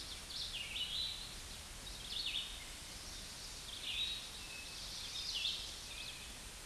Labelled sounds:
Red-eyed Vireo song
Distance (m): 35 m
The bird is about 15 m above the microphone
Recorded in a Pennsylvania forest on 16 May 2024 at 09:02
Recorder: AudioMoth, point MSD-2146
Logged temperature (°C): 16.7 °C
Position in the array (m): 150 m, 28 m

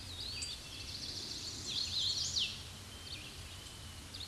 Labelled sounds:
Hooded Warbler song
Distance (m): 15 m
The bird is about 10 m above the microphone
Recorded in a Pennsylvania forest on 16 May 2024 at 06:47
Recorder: AudioMoth, point MSD-0814
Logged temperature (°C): 15.8 °C
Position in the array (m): 151 m, 108 m

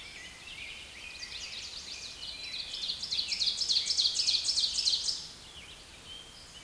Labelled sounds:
Ovenbird song
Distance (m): 15 m
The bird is about 5 m above the microphone
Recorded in a Pennsylvania forest on 16 May 2024 at 06:54
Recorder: AudioMoth, point MSD-2287
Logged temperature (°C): 11.2 °C
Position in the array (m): 137 m, 9 m

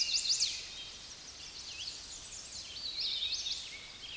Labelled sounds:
Hooded Warbler song
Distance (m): 45 m
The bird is about 5 m below the microphone
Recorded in a Pennsylvania forest on 16 May 2024 at 06:43
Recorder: AudioMoth, point MSD-1401
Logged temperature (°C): 16.4 °C
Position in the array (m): 33 m, 173 m

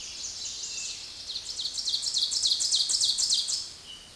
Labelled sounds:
Ovenbird song
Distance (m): 15 m
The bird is about 5 m above the microphone
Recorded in a Pennsylvania forest on 16 May 2024 at 06:30
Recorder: AudioMoth, point MSD-0475
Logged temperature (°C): 12.3 °C
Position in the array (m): 135 m, 5 m

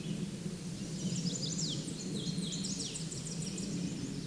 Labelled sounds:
Hooded Warbler song
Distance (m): 35 m
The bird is about level with the microphone
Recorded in a Pennsylvania forest on 16 May 2024 at 08:59
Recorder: AudioMoth, point MSD-1679
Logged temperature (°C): 16.1 °C
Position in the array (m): 144 m, 139 m

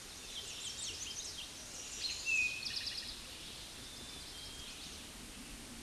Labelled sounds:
Eastern Towhee song
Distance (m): 10 m
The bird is about 5 m above the microphone
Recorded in a Pennsylvania forest on 16 May 2024 at 09:45
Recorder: AudioMoth, point MSD-1482
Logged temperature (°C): 15.6 °C
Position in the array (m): 176 m, 125 m

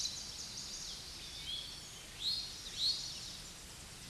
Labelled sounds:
Eastern Towhee song
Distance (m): 25 m
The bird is about level with the microphone
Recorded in a Pennsylvania forest on 16 May 2024 at 07:17
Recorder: AudioMoth, point MSD-2061
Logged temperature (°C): 16.1 °C
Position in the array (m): 247 m, 167 m

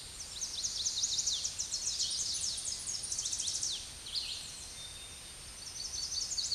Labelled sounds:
Tennessee Warbler song
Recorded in a Pennsylvania forest on 16 May 2024 at 08:16
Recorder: AudioMoth, point MSD-2494
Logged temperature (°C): 15.6 °C
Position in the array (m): 186 m, 196 m

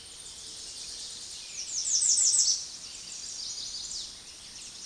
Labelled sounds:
Chestnut-sided Warbler song
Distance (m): 25 m
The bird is about 5 m above the microphone
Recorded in a Pennsylvania forest on 16 May 2024 at 06:00
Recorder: AudioMoth, point MSD-2027
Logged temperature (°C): 15.6 °C
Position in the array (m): 81 m, 221 m

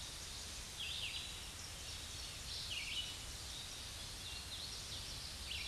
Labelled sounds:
Red-eyed Vireo song
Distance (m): 45 m
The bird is about 25 m above the microphone
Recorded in a Pennsylvania forest on 16 May 2024 at 07:58
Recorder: AudioMoth, point MSD-2146
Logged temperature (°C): 16.7 °C
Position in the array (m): 147 m, 35 m

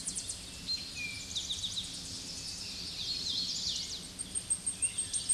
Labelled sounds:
Eastern Towhee song
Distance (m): 45 m
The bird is about 5 m above the microphone
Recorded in a Pennsylvania forest on 16 May 2024 at 07:50
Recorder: AudioMoth, point MSD-1990
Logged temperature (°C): 15.3 °C
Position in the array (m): 96 m, 157 m

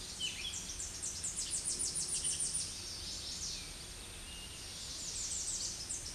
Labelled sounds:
Tennessee Warbler song
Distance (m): 40 m
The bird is about 25 m above the microphone
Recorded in a Pennsylvania forest on 16 May 2024 at 07:44
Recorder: AudioMoth, point MSD-2367
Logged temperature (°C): 16.0 °C
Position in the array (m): 138 m, 248 m

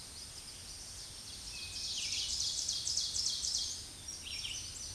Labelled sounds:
Ovenbird song
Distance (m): 20 m
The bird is about level with the microphone
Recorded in a Pennsylvania forest on 16 May 2024 at 07:51
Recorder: AudioMoth, point MSD-2083
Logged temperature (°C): 16.7 °C
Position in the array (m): 149 m, 2 m

